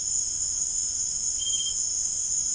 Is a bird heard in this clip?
no